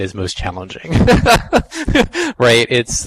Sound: laughs